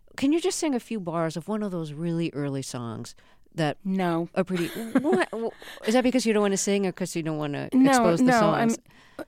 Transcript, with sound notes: Can you just sing a few bars of one of those really early songs that are pretty...
No.
(LAUGHTER)
Is that because you don't want to sing or because you don't want to expose the songs?